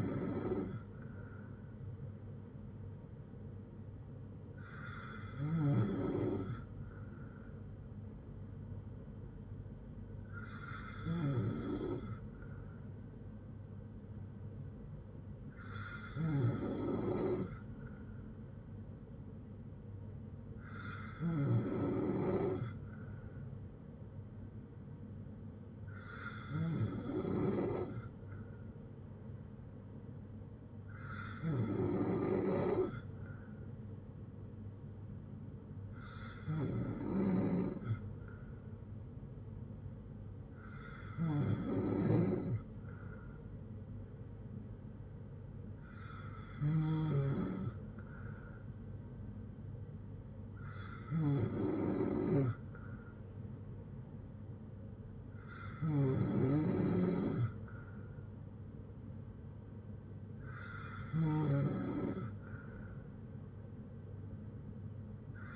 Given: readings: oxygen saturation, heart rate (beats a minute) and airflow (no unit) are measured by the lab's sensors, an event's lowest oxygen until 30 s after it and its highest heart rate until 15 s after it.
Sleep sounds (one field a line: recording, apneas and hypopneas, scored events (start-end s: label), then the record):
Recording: breathing in sleep by a smartphone at the bedside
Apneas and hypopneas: none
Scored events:
7.00-37.00 s: new sleep stage, N3 (deep sleep)
37.00-65.56 s: new sleep stage, N2 (light sleep)
From the record:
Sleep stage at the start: N2 (light sleep)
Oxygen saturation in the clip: 93 to 95%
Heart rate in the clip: 54 to 71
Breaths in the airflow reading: 13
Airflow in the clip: -5.5 to 4.1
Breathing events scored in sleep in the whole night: 182 in 7.4 hours asleep